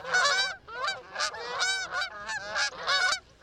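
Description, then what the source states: Goose: geese honking in a noisy flock, harsh nasal calls overlapping in repeated bursts, with brief quieter gaps between volleys. Honking geese, described as one of the most calming sounds in nature.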